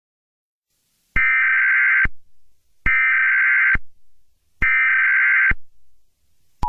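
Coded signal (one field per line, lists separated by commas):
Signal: Emergency Alert System (SAME) tones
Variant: header bursts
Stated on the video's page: Mock, non-canon fictional Emergency Action Notification.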